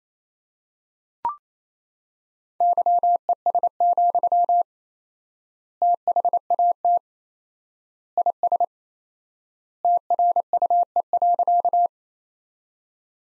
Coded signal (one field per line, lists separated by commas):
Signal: Morse code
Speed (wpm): 28 wpm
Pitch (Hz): 700 Hz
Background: none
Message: YES, THAT IS TRUE.